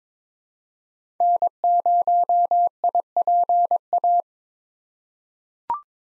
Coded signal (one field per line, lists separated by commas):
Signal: Morse code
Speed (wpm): 22 wpm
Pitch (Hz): 700 Hz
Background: none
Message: N0IPA